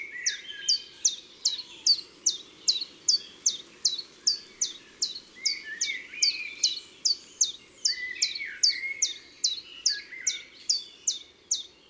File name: Pouillot veloce Concerts Naturels de la Drome Studio les Trois Becs